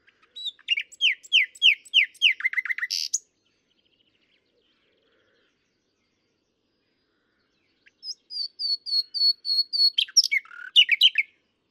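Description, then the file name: Common nightingale song: a phrase of rapid repeated downslurred notes ending in a buzzy burst, a long pause, then a second phrase of quick repeated high notes with harsh trills. "Luscinia megarhynchos"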